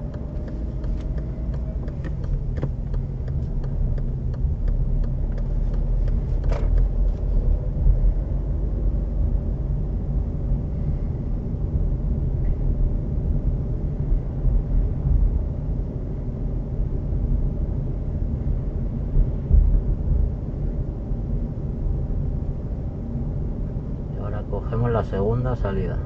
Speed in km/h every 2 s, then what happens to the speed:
14, 16, 16, 20, 24, 25, 27, 27, 28, 27, 26, 26, 26.
0-12 speeds up to 27. 12-26 steady at about 27.